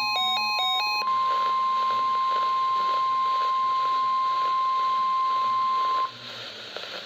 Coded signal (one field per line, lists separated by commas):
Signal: Emergency Alert System (SAME) tones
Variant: 1050 Hz attention tone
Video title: {FAIL} EAS #256 - Areal Flood Watch Extension 3-30-2014